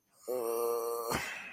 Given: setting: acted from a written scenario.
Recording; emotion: vocal sound without words; embarrassment